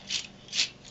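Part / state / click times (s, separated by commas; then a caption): recoil spring and guide rod into pistol slide / not seated / none. During reassembly of a 1911 pistol being cleaned and lubricated, a recoil spring is slid over a guide rod fitted with a shock buff, and the assembly is handled toward the pistol slide. Two soft, hissy metal-on-metal sliding or scraping bursts are heard around 0.1–0.25 s and 0.5–0.7 s, with a faint trace near 0.9 s, over a quiet low hum. Nothing has seated or clicked into place yet.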